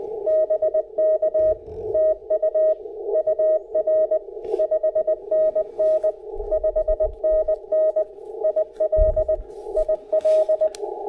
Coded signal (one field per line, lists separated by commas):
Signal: Morse code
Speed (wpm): 18 wpm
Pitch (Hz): 590 Hz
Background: radio noise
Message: BK TU UR 5NN 5NN IL IL